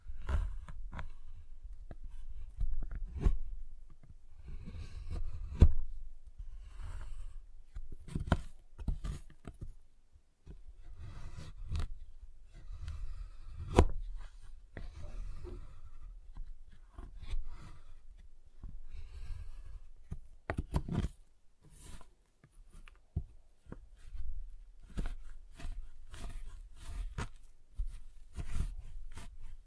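Tapping, cutting and snapping on a giant chocolate bar, heard as sharp clicks and cracks scattered irregularly throughout, some in quick clusters. Between them come soft scraping and rustling, and a low thumping underlies many of the hits.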